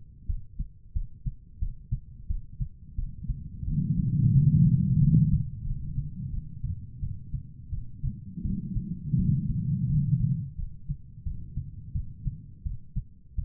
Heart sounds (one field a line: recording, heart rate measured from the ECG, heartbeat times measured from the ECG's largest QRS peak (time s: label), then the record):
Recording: heart sounds by stethoscope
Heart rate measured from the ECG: 87 bpm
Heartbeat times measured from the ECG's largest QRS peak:
0.27 s: heartbeat
0.93 s: heartbeat
1.60 s: heartbeat
2.28 s: heartbeat
2.96 s: heartbeat
3.65 s: heartbeat
4.33 s: heartbeat
4.99 s: heartbeat
5.64 s: heartbeat
6.31 s: heartbeat
7.01 s: heartbeat
7.71 s: heartbeat
8.43 s: heartbeat
9.17 s: heartbeat
9.88 s: heartbeat
10.56 s: heartbeat
11.24 s: heartbeat
11.93 s: heartbeat
12.64 s: heartbeat
13.36 s: heartbeat
From the record:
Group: healthy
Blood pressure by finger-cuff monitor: 123/87 mmHg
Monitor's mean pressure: 101 mmHg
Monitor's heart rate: 87 bpm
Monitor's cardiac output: 4.9 L/min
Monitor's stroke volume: 55 mL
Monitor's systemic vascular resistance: 1520 dyn s/cm5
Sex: female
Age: 51 years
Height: 162 cm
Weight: 70.04 kg